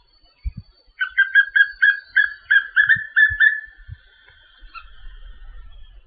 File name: Canto do papinho amarelo